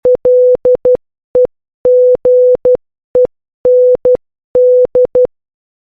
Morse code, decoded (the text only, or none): LEGEND